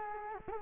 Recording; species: mosquito wingbeat signal from an infrared sensor; Culex quinquefasciatus